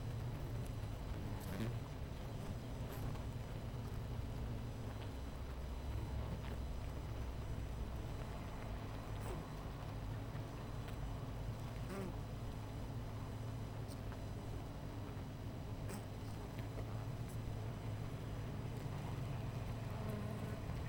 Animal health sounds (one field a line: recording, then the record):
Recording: honeybee colony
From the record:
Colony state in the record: missing queen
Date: 14 July 2017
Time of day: 11:15